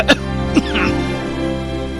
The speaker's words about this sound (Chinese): 在兵营最深处立有一座3丈高的巨大的熔炉，距离很远就能听到贾诩的咳嗽声。